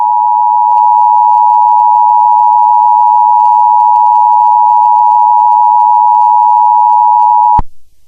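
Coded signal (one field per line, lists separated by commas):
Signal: Emergency Alert System (SAME) tones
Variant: 853 and 960 Hz attention tone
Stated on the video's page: Mock EAS tones.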